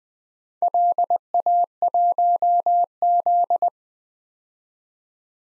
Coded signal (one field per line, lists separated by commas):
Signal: Morse code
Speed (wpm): 21 wpm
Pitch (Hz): 700 Hz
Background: none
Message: LA1Z